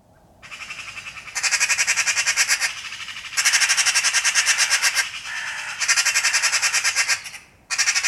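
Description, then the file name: Eurasian magpie giving harsh, rapid rattling chatter in several long runs of clipped notes, broken by brief pauses and a quieter stretch in the middle. "Pica pica"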